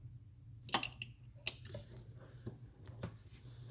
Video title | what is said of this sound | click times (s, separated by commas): 15+ wrx 1320 intake | then on the other side of course you want to make sure you hear click I | 1.5 s